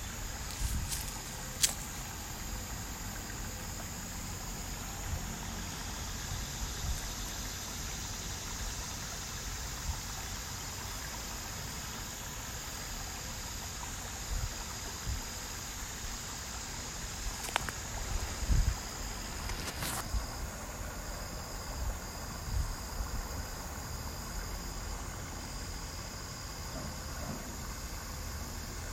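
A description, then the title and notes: Creek water runs steadily throughout, a dense, even wash with a low rumbling undertone. A thin, bright whine holds high above it, and a few sharp clicks or knocks stand out near the start and again around eighteen to twenty seconds. Sounds of creek. Creek water running.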